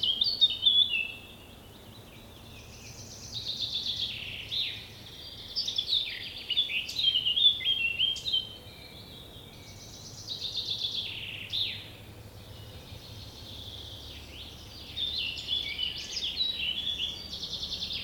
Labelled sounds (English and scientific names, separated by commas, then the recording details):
Eurasian Blackcap (Sylvia atricapilla) song
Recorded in the wild
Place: Bergen, Insel Rügen, Mecklenburg-Vorpommern, DE
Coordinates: 54.415, 13.426
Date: 1975-06-08
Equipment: Nagra III BH, Sennheiser MD 21
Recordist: Schubert, Michael
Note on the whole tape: Gesang Mönchsgrasmücke